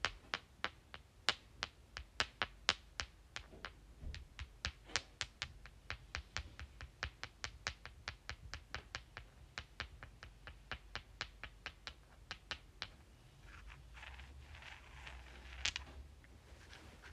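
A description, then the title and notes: Rocks click together in a fast, fairly regular run of sharp taps for about thirteen seconds, then give way to softer rubbing and scraping. Clicking and Rubbing Rocks.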